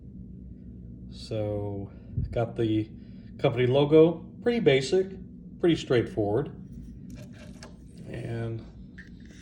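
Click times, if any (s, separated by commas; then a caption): none. A Spartan Enyo small fixed-blade neck knife is handled near its molded kydex sheath while someone talks, with a few faint, brief handling ticks near the end. Nothing has seated or clicked yet; the knife has not snapped into the sheath by the end of the clip.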